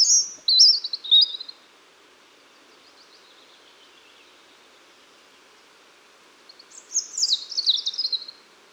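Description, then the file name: European robin singing two high, jumbled phrases of trilled and sliding notes, separated by roughly five seconds of near silence with faint background hiss. "Erithacus rubecula"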